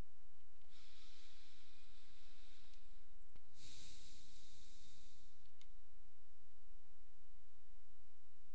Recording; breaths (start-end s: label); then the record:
nose breathing near a microphone
0.44-3.24 s: inhalation
3.24-5.49 s: exhalation
From the record:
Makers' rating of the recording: medium